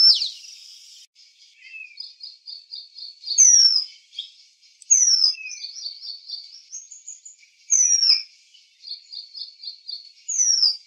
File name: Copsychus saularis